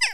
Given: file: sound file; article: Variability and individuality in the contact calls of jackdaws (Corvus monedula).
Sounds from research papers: jackdaw call; harmonic

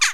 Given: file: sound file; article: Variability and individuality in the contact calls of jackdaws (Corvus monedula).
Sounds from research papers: jackdaw call; harmonic

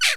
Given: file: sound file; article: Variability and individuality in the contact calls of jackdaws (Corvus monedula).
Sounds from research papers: jackdaw call; noisy

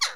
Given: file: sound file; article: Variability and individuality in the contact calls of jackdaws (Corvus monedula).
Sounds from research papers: jackdaw call; harmonic

